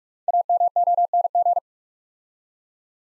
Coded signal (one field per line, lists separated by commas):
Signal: Morse code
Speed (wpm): 44 wpm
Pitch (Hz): 700 Hz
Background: none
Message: AMONG